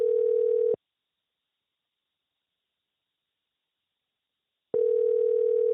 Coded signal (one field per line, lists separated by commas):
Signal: telephone call progress tone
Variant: North America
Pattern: ringback tone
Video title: Making Audio Sound like Phone Calls (It's Easier than You Think)